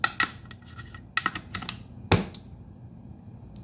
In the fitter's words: No seat, no click. Pull it straight out, it won't feed.